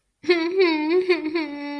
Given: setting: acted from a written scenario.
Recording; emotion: vocal sound without words; sadness